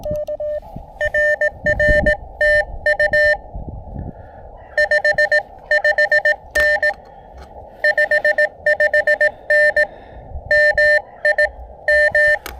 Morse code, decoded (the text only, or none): RR TU 55N 55N MI M